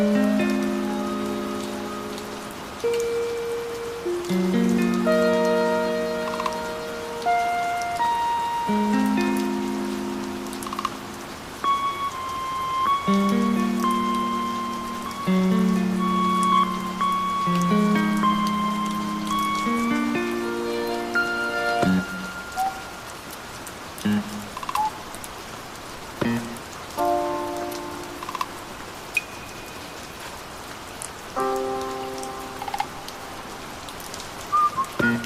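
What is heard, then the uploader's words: Rain falls in a steady, dense patter throughout. Over it, a slow run of held, low-to-mid tones moves like a simple melody for the first twenty seconds or so, then thins to scattered short notes while the rain continues. AC relaxing rain sounds.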